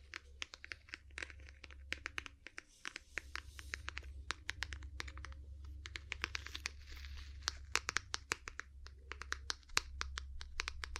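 Ear cleaning and tapping sounds: a dense, irregular run of sharp crackly clicks and crinkles, several per second across the whole clip, some louder than others. Underneath runs a steady low rumble, with a brief dip in it just before the three-second mark.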